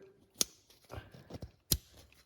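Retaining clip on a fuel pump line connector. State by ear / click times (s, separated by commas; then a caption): seated / 0.4 s, 1.7 s. A retaining clip on a fuel pump line connector is pushed into place during a fuel pump install on a 350Z, as part of a turbocharger kit install. Two sharp snaps ring out at 0.4 s and 1.7 s, with softer handling noises between them. The clip snaps home and is seated.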